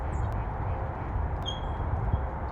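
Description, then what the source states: Bird chirps: a brief high squeak near the start and a thin whistled note in the middle, over constant heavy road traffic rumble. Bird chirps with freeway traffic in the background.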